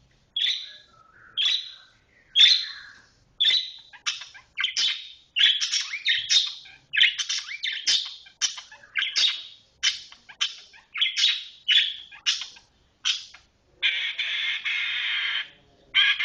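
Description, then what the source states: Oriental magpie-robin singing short, scratchy chirped phrases in quick succession, ending with a longer harsh buzzing note. Kacer chirping.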